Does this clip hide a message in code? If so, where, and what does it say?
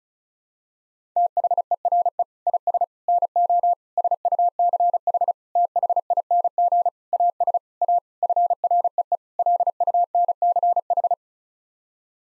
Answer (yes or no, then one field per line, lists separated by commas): yes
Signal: Morse code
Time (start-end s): 1.2-11.1 s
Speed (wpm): 34 wpm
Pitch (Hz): 700 Hz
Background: none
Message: THERE IS NO SUCH THING AS A FREE LUNCH